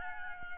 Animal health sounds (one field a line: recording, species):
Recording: mosquito wingbeat signal from an infrared sensor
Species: Aedes albopictus